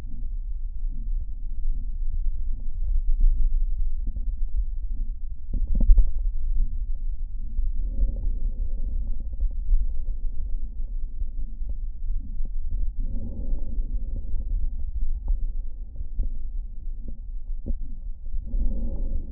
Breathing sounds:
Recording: lung sounds by stethoscope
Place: right anterior apical chest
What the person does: quiet breathing, then deep breathing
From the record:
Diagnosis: interstitial lung disease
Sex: male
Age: 72 years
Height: 170 cm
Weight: 62.9 kg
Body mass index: 21.8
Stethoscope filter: diaphragm mode

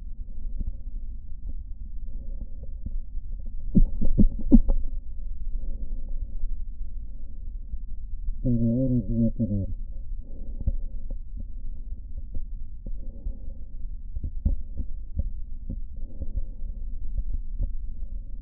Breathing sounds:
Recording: lung sounds by stethoscope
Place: right posterior basal chest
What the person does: quiet breathing, then cough and speech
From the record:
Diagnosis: COPD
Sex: male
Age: 80 years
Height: 171 cm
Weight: 75 kg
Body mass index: 25.6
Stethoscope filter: diaphragm mode

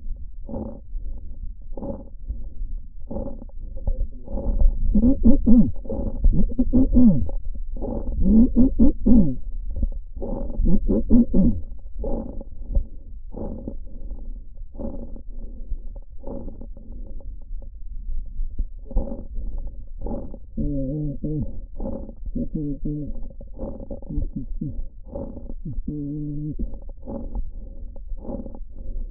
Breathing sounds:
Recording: lung sounds by stethoscope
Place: trachea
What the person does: quiet breathing, then cough and speech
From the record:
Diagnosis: interstitial lung disease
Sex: male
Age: 72 years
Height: 167 cm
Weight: 74 kg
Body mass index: 26.5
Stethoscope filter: diaphragm mode

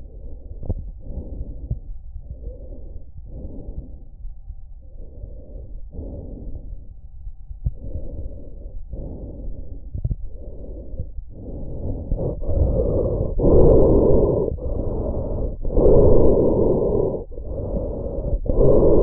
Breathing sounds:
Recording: lung sounds by stethoscope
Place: trachea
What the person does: quiet breathing, then deep breathing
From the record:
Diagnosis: COPD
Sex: male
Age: 59 years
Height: 175 cm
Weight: 73 kg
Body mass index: 23.8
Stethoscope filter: extended mode

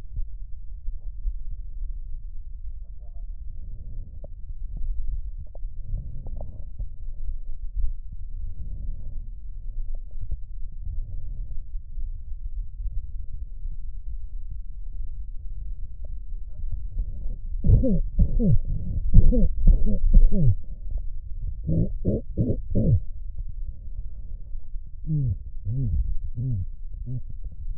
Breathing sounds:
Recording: lung sounds by stethoscope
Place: left posterior apical chest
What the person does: quiet breathing, then cough and speech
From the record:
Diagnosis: COPD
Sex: male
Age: 70 years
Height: 170 cm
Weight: 74 kg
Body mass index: 25.6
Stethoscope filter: extended mode

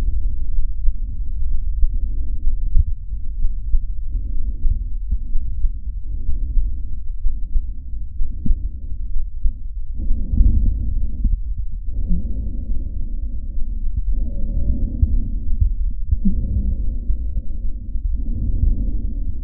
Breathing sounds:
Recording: lung sounds by stethoscope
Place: trachea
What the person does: quiet breathing, then deep breathing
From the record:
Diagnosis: interstitial lung disease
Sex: female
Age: 61 years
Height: 155 cm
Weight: 75.5 kg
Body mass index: 31.4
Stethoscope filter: bell mode

